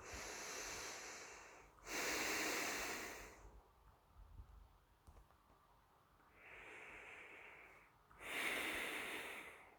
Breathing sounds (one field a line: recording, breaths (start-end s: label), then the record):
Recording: nose breathing near a microphone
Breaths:
0.00-1.64 s: inhalation
1.64-3.75 s: exhalation
6.08-7.98 s: inhalation
7.98-9.78 s: exhalation
From the record:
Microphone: phone